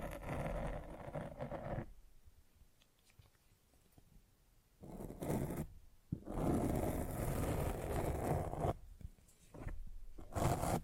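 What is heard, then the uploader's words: Scratching on a microphone in rough bursts, loud rasping patches around the start, middle and end separated by near-silent gaps. Mic Scratching.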